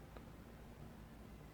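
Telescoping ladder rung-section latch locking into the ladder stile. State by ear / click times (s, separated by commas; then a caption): seated / 0.2 s. A section of a metal telescoping ladder is raised until its spring latch snaps locked into the ladder stile. A single short, sharp click is heard at 0.2 s over a steady low background hum. The latch is seated and locked.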